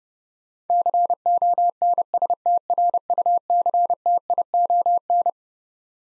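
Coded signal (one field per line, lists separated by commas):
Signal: Morse code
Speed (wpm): 32 wpm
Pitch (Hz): 700 Hz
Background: none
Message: CONSTRUCTION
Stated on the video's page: Head-copy drill of twelve-letter words at 30 wpm, each word sent, spoken, then sent again.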